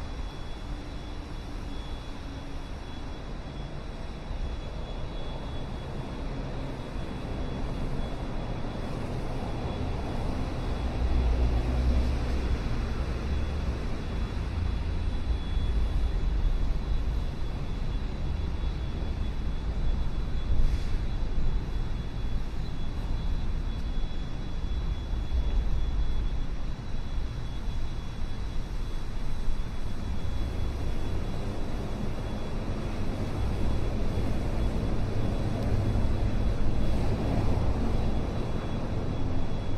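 A morning walk through downtown Chicago, filled with a steady low rumble of traffic and engines that swells around the middle and again near the end. A faint high whine runs throughout, with brief clicks and knocks now and then.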